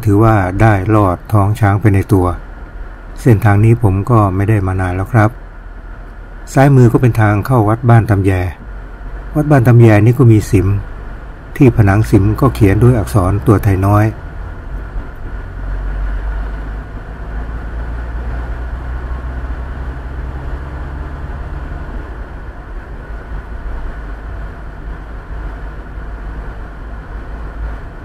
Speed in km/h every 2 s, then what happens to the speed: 23, 18, 14, 13, 12, 16, 21, 24, 29, 34, 38, 39, 40, 41.
0-4 slows to 14. 8-20 speeds up to 38. 20-28 steady at about 39.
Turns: none.